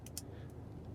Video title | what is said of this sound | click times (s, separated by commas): Subaru Outback - Features and Hacks | And it's going to snap into place. | 0.1 s, 0.2 s